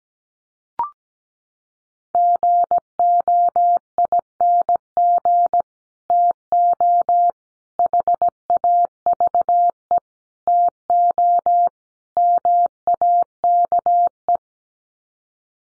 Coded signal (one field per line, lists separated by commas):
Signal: Morse code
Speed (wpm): 17 wpm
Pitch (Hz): 700 Hz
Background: none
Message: GOING TO HAVE TO MAKE